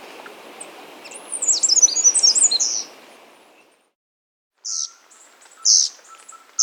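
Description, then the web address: Mountain wren song of rapid high twittering notes for about two seconds, then a pause and a few loud sharp high chirps. Andean bird, Andes, South America. "Natures Songs S America Andean Birds. Mountain Wren (Troglodytes Solstitialis)"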